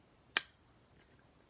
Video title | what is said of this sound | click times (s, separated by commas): Review of the Canon EF 24-105mm ii L Lens!! | you hear that click that little | 0.4 s